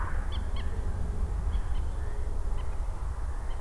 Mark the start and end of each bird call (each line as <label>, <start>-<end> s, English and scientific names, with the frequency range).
Common Moorhen (Gallinula chloropus) (0.9-6.1 kHz), 0.30-0.63 s
Common Moorhen (Gallinula chloropus) (1.8-4.9 kHz), 1.51-1.81 s
Common Moorhen (Gallinula chloropus) (0.8-4.4 kHz), 2.57-2.76 s
Common Moorhen (Gallinula chloropus) (1.5-4.8 kHz), 3.48-3.56 s